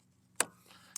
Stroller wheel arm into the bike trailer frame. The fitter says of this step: and if I pull this outward it'll click into place